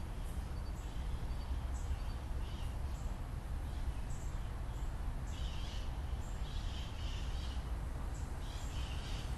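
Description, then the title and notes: Parrot calls: faint, short, high calls repeated irregularly throughout, over loud constant low-pitched background noise. Recorded in the morning on 18 January 2021. "Parrot morning.m4a by Juraj Kojš"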